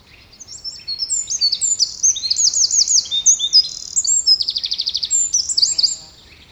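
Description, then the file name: Eurasian wren song: a loud, high, rapid tumble of twittering notes, with a fast rattling trill near the middle and a brighter flourish before it ends. "Troglodytes troglodytes"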